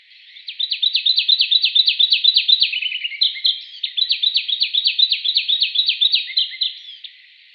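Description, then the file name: Taiga flycatcher song: a fast run of high, down-slurred ticking notes with a brief stutter midway before the series resumes; no other sounds. "Muholovka malaja vostochnaja"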